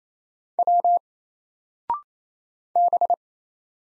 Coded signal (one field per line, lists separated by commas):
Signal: Morse code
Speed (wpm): 28 wpm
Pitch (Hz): 700 Hz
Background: none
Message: W B